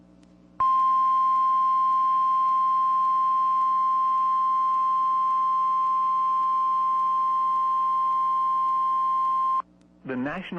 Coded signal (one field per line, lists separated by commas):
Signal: Emergency Alert System (SAME) tones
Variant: 1050 Hz attention tone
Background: speech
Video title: EAS #41-42: SVR & TOR (Double Header)